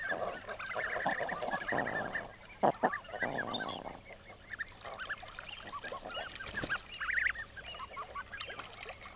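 Common eider calls: crooning, wavering coos rise and fall over a busy flock chatter, with a few sharp higher notes and short clicks mixed in.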